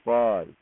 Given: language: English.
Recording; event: throat vibration sensor signal played as sound; speech